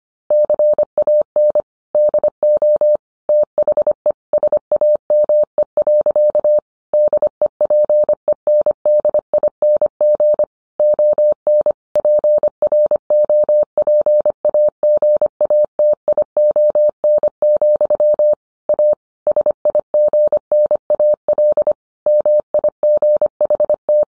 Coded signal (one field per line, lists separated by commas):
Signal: Morse code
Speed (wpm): 25 wpm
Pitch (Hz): 600 Hz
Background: none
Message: CAN DO THE SAME. DEPENDING ON PROPAGATION, A SIGNAL MIGHT